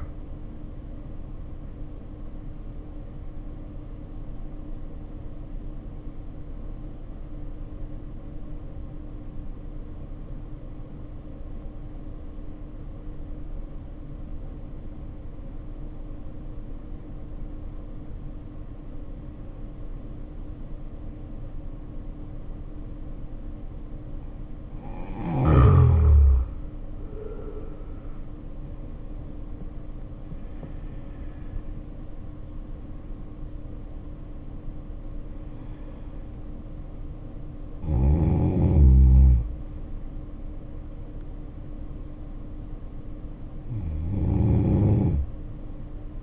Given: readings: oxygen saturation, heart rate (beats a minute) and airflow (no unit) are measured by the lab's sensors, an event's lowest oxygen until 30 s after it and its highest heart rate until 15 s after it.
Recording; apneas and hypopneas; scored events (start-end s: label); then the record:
breathing in sleep by a smartphone at the bedside; 1
5.00-24.40 s: obstructive apnea (N1, oxygen 95% highest, then 74% lowest, heart rate 56 at the start, 79 highest)
From the record:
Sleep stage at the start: N1 (lightest sleep); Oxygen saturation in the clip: 74 to 95%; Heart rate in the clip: 51 to 79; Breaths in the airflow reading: 5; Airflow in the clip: -9.3 to 9.4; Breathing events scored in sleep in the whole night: 520 in 7.2 hours asleep